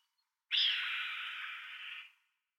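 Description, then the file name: Red-tailed hawk giving a single hoarse, rasping scream, about one and a half seconds long, with silence before and after. "John Neville - Red-Tailed Hawk Buse a Queue Rousse"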